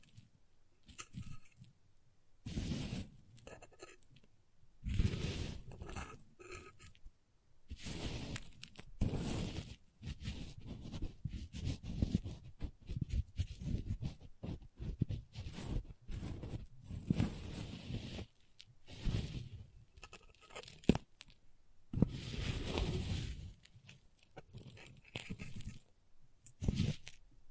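Crayons being tapped, carved, cut and drawn with make a steady run of dry scraping and crunching strokes, each lasting a second or two. Short gaps separate bursts that come roughly every couple of seconds, with sharper snips and taps scattered throughout.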